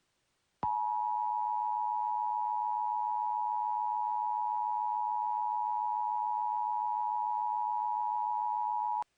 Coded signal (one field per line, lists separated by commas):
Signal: Emergency Alert System (SAME) tones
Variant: 853 and 960 Hz attention tone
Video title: EAS Scenario - Abduction in Detroit